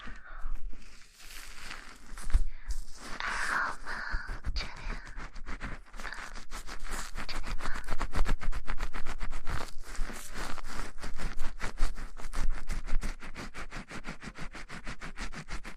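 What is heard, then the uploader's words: Rapid scratching and rubbing of hair and scalp during a shampoo wash, with dense crackly friction sounds that quicken into a fast, regular rhythm after about six seconds. A brief wetter, brighter swish occurs around three to four seconds. Shampoo wash hair 头部按摩 泡沫触发音 轻语 快速抓头皮.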